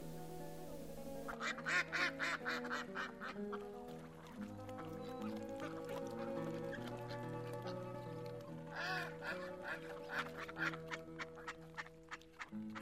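ducks quacking

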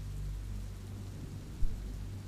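heavy rain and wind

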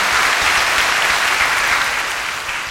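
audience applause

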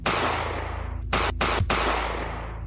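gunfire sound effect

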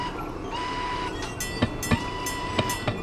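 train rolling on rails

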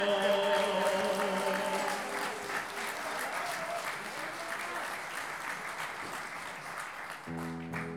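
audience applauding

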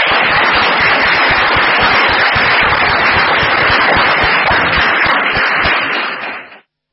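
audience applause

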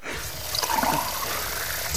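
water running

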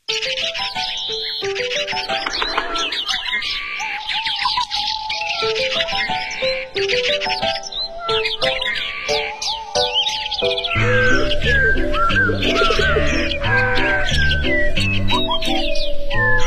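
small bird chirping

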